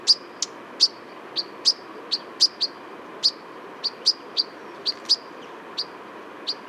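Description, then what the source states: European Pied Flycatcher calling with brisk, bright ticking chips, irregularly spaced and fairly constant, over a soft continuous background rumble. Single bird in winter plumage perched on a black poplar, white wing bar seen, refound at the end of a dawn autumn walk in a nature reserve in Drôme, France.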